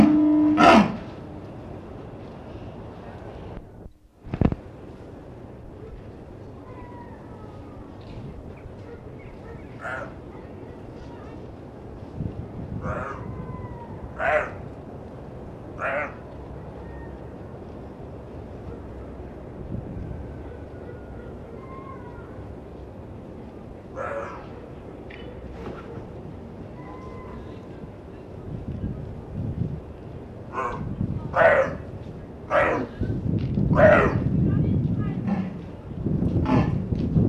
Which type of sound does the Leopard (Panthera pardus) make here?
call